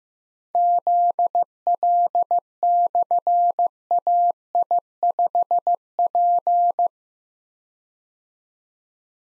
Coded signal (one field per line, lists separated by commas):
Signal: Morse code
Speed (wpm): 15 wpm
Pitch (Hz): 700 Hz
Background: none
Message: ZL/AI5P